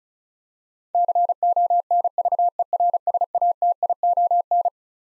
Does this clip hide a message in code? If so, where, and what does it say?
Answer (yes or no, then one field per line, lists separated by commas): yes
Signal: Morse code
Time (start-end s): 0.9-4.7 s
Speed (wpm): 36 wpm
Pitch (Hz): 700 Hz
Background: none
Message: CONVERSATION